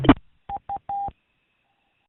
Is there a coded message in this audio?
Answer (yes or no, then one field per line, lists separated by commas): no